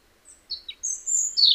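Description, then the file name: European robin giving a quick run of thin, high-pitched notes, short whistles and a sliding squeak, growing louder toward the end. "Erithacus rubecula"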